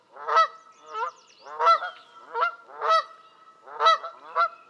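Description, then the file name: Canada goose giving repeated loud, rough nasal honks, with a brief high trill early on. "kanadai lud hangja"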